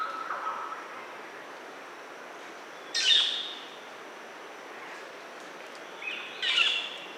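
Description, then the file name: Metallic starling song: two brief harsh buzzy bursts a few seconds apart over a constant background hiss. "canto-do-estorninho-metálico"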